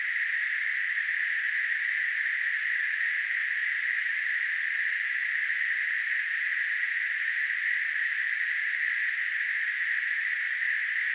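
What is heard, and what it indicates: Simulated tinnitus: a steady, continuous hiss-like band of noise centred around 2 kHz, holding the same level for the whole clip with no low-frequency content.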